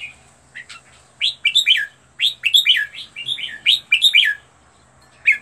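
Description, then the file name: Red-whiskered bulbul song: a series of short, rising whistled notes repeated rapidly after a quiet start, over a faint steady hum. Song used for training birds to sing; 15 standard song styles. "tieng-luyen-giong-chao-mao-hot-15-giong-chuan"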